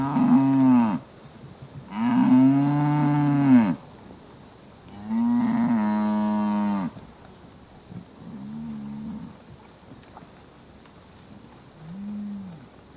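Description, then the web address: Cattle moos in a series: three loud moos, then two shorter, quieter ones, every few seconds. Suckling herd being fed in a field; very close perspective. "suckling herd being feed in field very close perspective recording"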